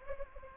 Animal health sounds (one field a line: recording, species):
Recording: mosquito wingbeat signal from an infrared sensor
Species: Anopheles gambiae